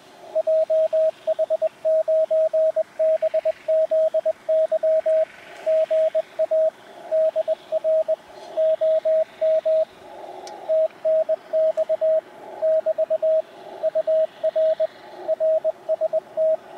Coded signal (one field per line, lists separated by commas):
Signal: Morse code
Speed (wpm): 19 wpm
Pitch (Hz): 630 Hz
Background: radio noise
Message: JH9BZY GA DR OM TNX <BT> UR RST